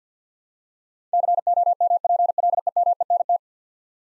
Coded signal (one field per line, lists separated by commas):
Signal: Morse code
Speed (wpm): 50 wpm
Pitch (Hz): 700 Hz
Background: none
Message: COMPLEMENT